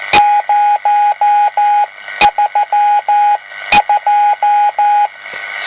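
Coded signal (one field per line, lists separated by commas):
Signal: Morse code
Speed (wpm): 14 wpm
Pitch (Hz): 830 Hz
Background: none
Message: 032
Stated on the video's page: Morse heard on a home-built single-conversion superhet receiver for the 7 MHz amateur band, optimised for Morse reception.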